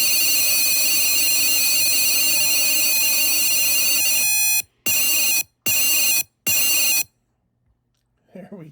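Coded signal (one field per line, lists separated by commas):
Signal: data over sound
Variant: 25 ms symbols, two-tone FSK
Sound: continuous warbling two-tone beeping for four seconds, then four short bursts, silence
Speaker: if I go down to 25 milliseconds per sampling period this tends to give give give me a lot more problems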